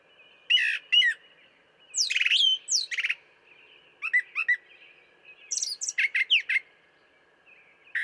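Brown thrasher singing varied loud phrases, sharp chips and slurred whistles, often doubled and separated by short pauses, over a faint steady tone.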